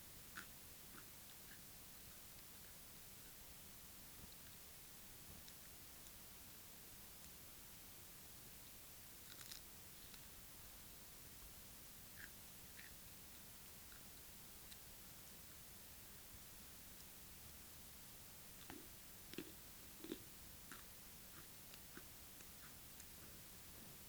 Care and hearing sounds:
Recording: daily activity, guitar pickup as the sensor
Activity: eat

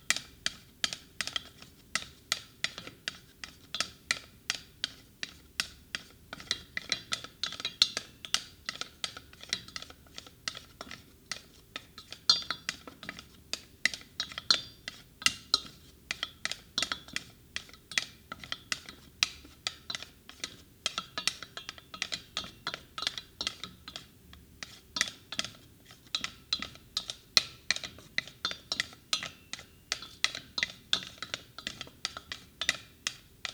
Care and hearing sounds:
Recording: daily activity, guitar pickup as the sensor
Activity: fry

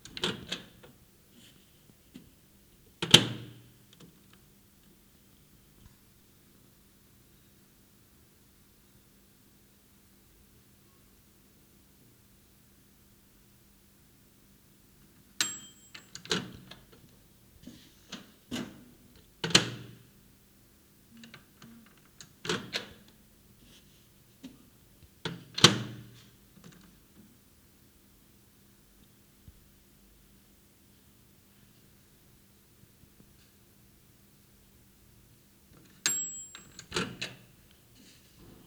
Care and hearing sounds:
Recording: daily activity, guitar pickup as the sensor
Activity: use microwave

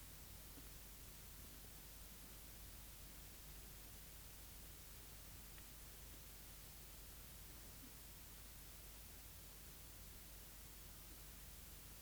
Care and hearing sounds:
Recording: daily activity, guitar pickup as the sensor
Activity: eat

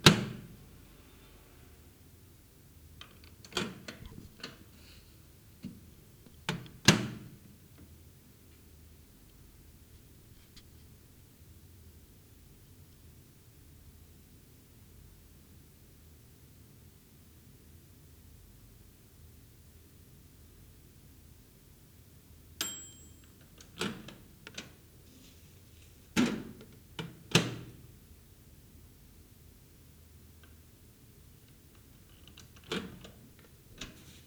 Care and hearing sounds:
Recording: daily activity, guitar pickup as the sensor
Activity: use microwave

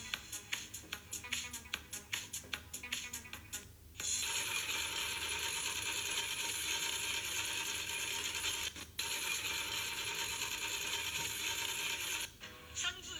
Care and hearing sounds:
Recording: daily activity, guitar pickup as the sensor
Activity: browse video

